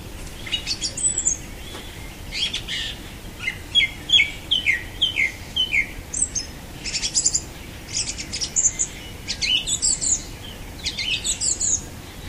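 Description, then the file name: Song thrush delivering a fast run of varied phrases, some short motifs sung two or three times, bright whistles and scratchy high notes throughout. "Golosa ptic - Pevchij drozd"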